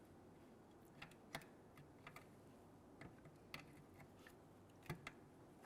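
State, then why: Seated. A plastic wiring harness connector is pressed onto the fog light of a 2011–2021 Jeep Grand Cherokee 3.6L V6 while the bumper is being prepared to go back on. Several short, sharp plastic ticks sound over a quiet background. The connector snaps into place with a click at 3.5 s, and it is seated.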